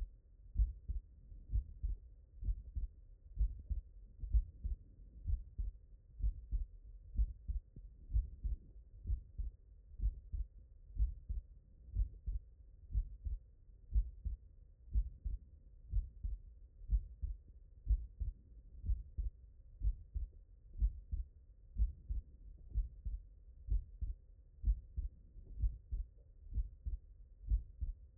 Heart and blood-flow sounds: heart sounds by stethoscope; mitral valve (MV)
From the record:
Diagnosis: non-HFrEF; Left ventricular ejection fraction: 59%

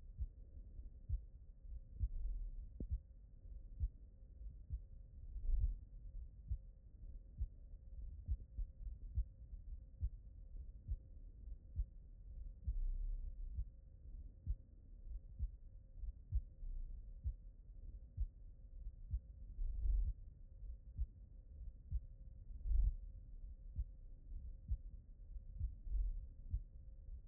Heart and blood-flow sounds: heart sounds by stethoscope; aortic valve (AV)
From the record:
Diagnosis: HFrEF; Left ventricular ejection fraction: 32%

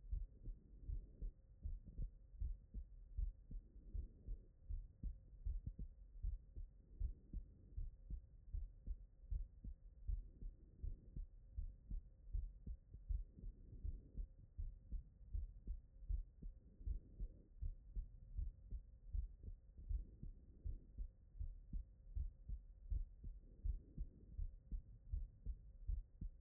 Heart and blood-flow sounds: heart sounds by stethoscope; tricuspid valve (TV)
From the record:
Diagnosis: non-HFrEF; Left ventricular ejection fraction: 73%

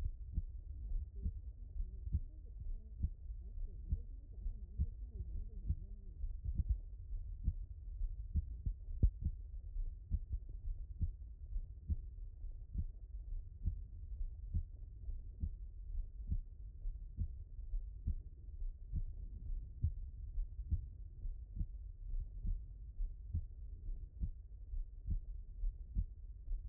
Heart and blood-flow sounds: heart sounds by stethoscope; pulmonary valve (PV)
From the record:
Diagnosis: HFrEF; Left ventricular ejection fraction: 39%

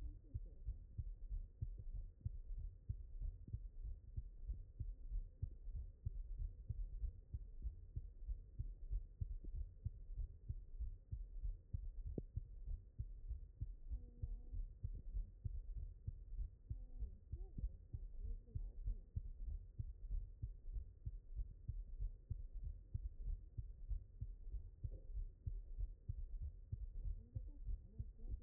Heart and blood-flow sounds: heart sounds by stethoscope; mitral valve (MV)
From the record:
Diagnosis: non-HFrEF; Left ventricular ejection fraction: 47%

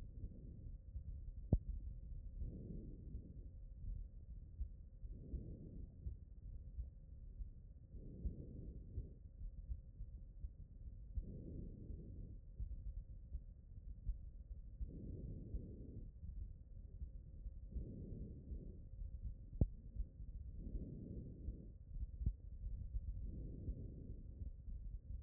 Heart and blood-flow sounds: heart sounds by stethoscope; pulmonary valve (PV)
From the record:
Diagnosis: HFrEF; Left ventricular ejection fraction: 23%

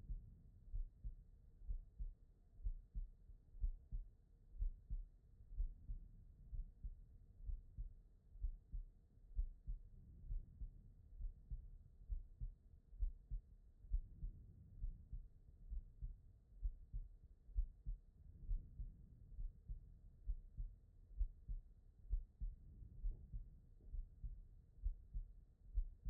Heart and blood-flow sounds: heart sounds by stethoscope; aortic valve (AV)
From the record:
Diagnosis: non-HFrEF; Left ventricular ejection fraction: 66%

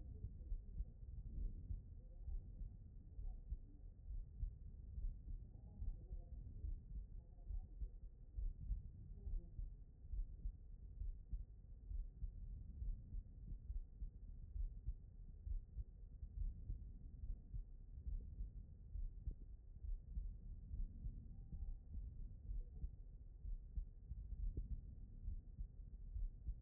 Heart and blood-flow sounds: heart sounds by stethoscope; aortic valve (AV)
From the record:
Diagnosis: non-HFrEF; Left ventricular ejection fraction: 65%

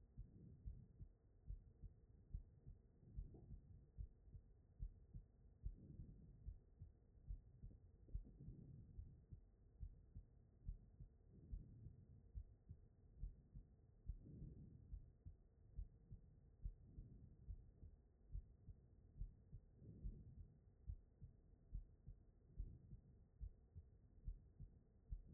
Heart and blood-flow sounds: heart sounds by stethoscope; aortic valve (AV)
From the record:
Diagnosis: non-HFrEF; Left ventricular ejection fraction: 65%

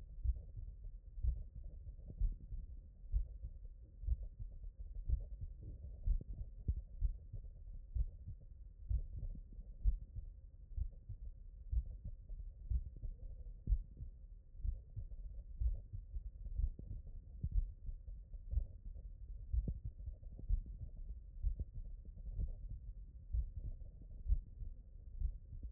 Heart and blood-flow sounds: heart sounds by stethoscope; mitral valve (MV)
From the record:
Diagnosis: non-HFrEF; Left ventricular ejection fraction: 68%

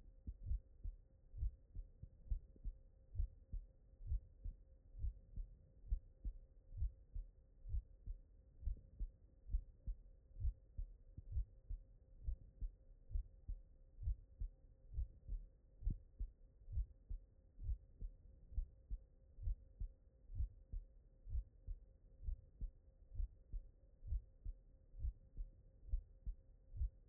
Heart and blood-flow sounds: heart sounds by stethoscope; mitral valve (MV)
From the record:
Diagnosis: non-HFrEF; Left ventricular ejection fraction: 62%

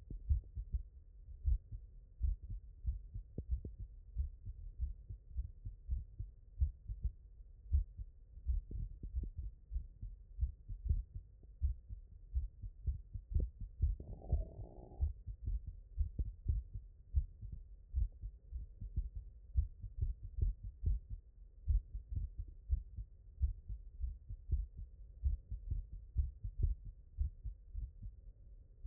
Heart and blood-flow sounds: heart sounds by stethoscope; mitral valve (MV)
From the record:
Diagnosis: non-HFrEF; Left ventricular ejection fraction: 61%

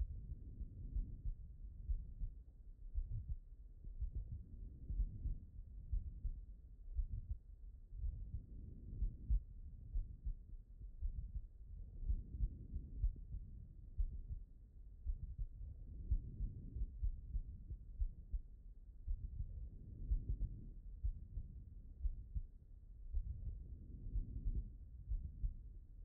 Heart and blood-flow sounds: heart sounds by stethoscope; pulmonary valve (PV)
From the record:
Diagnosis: non-HFrEF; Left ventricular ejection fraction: 68%

